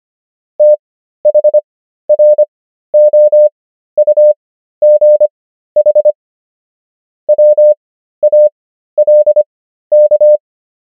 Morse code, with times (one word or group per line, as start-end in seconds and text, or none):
0.6-6.1 THROUGH
7.3-10.4 WALK